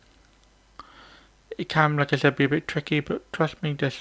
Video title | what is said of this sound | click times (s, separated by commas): How to Remove and Replace The Diesel Fuel Injector on 2011 Citroen C4 Grand Picasso | keep pulling on that side and it will pop up eventually you'll hear it pop off be careful not to leave the retaining clips | 0.8 s